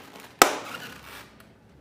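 A main landing gear strut is turned in the gear plate of an RC foam jet until it snaps home with a loud, sharp click at 0.4 s. Its bright ring fades over the next second, and a faint tick follows near 1.4 s. The strut is seated and the main gear is installed.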